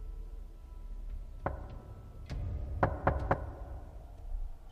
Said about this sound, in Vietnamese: Còn chưa kịp chợp mắt thì bất ngờ tiếng gõ cửa khô khốc lại một lần nữa vang lên. Tôi giật bắn mình. Ai đấy? Không có tiếng đáp, chỉ là mấy tiếng gõ cửa, âm thanh nghe nhanh gọn.